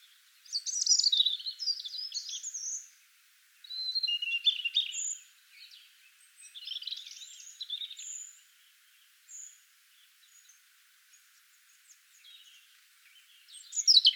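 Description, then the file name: European robin singing bursts of high, tinkling warbles and thin sustained whistles, separated by pauses of a second or two, with quieter notes in between. "Erithacus rubecula"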